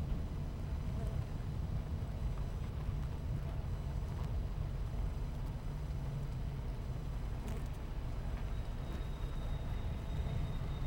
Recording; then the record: honeybee colony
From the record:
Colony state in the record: missing queen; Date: 14 July 2017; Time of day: 11:30